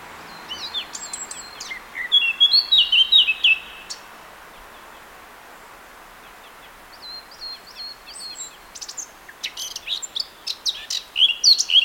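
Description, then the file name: Eurasian blackcap giving short bursts of rapid, high twittering notes near the start and again toward the end, with quiet gaps and steady background hiss. "Sylvia atricapilla"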